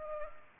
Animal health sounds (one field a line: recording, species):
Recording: mosquito wingbeat signal from an infrared sensor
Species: Culex pipiens